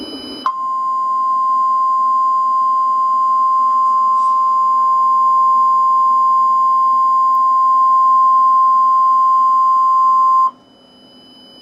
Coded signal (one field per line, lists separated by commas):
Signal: Emergency Alert System (SAME) tones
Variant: 1050 Hz attention tone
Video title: ORIGINAL Emergency Alert System Tornado Warning for Knoxville, TN March 2, 2012